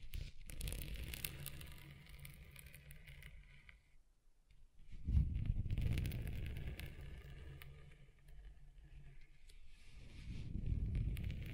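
Scratching across a table surface, a rough, crackly scraping with a low rumble beneath and bright gritty clicks on top. The strokes run in long uneven stretches, with a near-silent pause around four to five seconds, then a sharp, louder resumption that fades and swells again.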